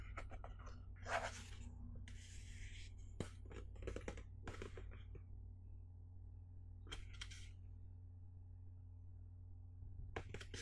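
Sharp taps on a box come in an irregular cluster early on, then pause, returning near seven and ten seconds over a steady low hum.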